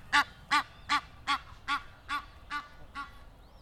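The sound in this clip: Egyptian goose honking, eight harsh nasal calls in an even series about every 0.4 seconds, fading slightly toward the end.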